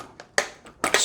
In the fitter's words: click it in place and then